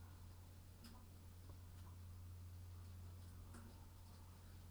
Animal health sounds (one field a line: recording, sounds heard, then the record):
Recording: poultry house recording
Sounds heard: sick chickens (respiratory disease)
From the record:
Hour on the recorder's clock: 21